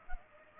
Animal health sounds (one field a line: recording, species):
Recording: mosquito wingbeat signal from an infrared sensor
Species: Culex pipiens